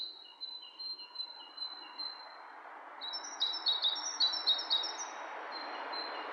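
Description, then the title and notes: Bird chirps, short high notes repeated in quick series, thin at first, then a denser overlapping run of brighter chirps, over a steady background hiss. Two birds interacting, lo-fi recording. "bird dialogs. lo-fi recording of two birds interacting"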